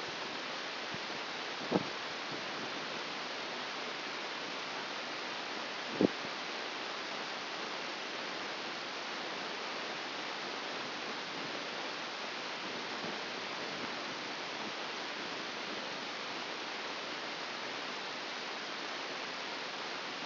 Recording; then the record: brain microelectrode recording played as sound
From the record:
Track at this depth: outside the subthalamic nucleus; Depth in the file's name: 5.898 mm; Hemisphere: left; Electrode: 2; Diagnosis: Parkinson's disease